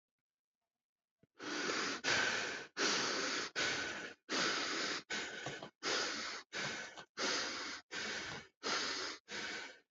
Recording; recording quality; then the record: shallow breathing; excellent, no background noise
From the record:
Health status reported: healthy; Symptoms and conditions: none ticked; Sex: male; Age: 41 years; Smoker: not ticked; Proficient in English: yes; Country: United States